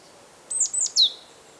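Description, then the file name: Great tit giving one short call of three sharp, high notes in quick succession, each falling in pitch, the final note sweeping down furthest. "Parus major"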